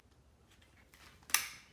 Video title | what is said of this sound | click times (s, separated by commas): Beretta ARX 100 - Review and Disassembly Guide! (with the Shooting Sight ARX trigger) | and pop it back into place. | 1.3 s